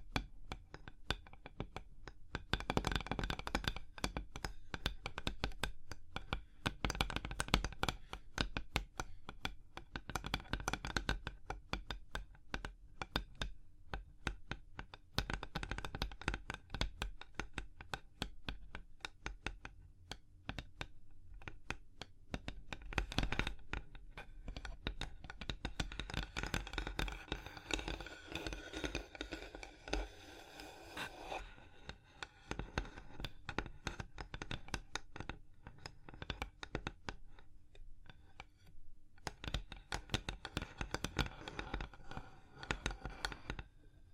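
Fingers tap, scratch and trace across a surface in a dense, continuous stream of small crisp clicks and rasps. Bright scratchy passages swell around 3, 8, 15 and 25–31 seconds, with faster tapping bursts near the end, over a steady low hum.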